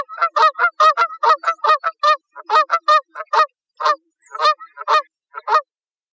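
Canada goose honking: loud nasal honks in a rapid, uneven series with a few short pauses, against a quiet background.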